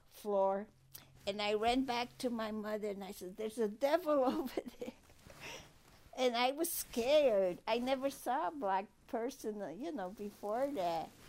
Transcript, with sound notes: floor. And I ran back to my mother and I said there's a devil over there. ( she laughs ) And I was scared! I'd never saw a black person, you know before that.